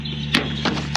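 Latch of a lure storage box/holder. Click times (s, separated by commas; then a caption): 1.0 s. Someone closes a compact lure storage box, and its latch snaps shut with a sharp click at 0.95 s, locking in place. Two earlier knocks are heard at about 0.3 s and 0.7 s over a steady low hum.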